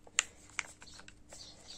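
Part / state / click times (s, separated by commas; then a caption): safety key in cordless hedge trimmer body / released / 0.2 s. A plastic safety key is pulled out of the body of a Parkside (Lidl) cordless mini hedge trimmer, to show that the tool will not run without it. A sharp, loud click comes at 0.2 s, followed by a second, quieter click at 0.6 s and a few faint ticks over low background noise. The key is released from the trimmer.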